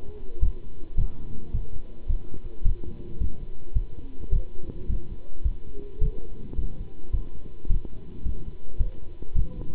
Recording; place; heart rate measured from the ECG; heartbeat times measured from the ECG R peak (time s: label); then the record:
heart sounds by stethoscope; between the tricuspid and mitral areas; 107 bpm
0.43 s: heartbeat
0.98 s: heartbeat
1.54 s: heartbeat
2.10 s: heartbeat
2.66 s: heartbeat
3.21 s: heartbeat
3.76 s: heartbeat
4.33 s: heartbeat
4.90 s: heartbeat
5.45 s: heartbeat
6.02 s: heartbeat
6.58 s: heartbeat
7.13 s: heartbeat
7.70 s: heartbeat
8.26 s: heartbeat
8.80 s: heartbeat
9.36 s: heartbeat
From the record:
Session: pedaling a stationary bicycle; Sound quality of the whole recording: good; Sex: male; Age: 27 years